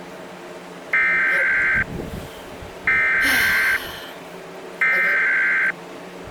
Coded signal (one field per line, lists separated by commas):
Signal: Emergency Alert System (SAME) tones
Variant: header bursts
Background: speech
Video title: Scary EAS scenario